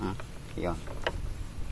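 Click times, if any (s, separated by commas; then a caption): 1.1 s. An extension lance is pushed into the push-lock of a pressure washer trigger gun while someone talks. A sharp click sounds at 1.1 s, and the lock button sinks, showing the lance is locked in place.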